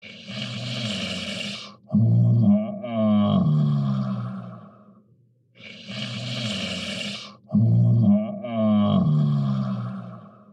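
An adult snoring through two breath cycles, each a soft breathy rush followed by a loud, low, rattling snore.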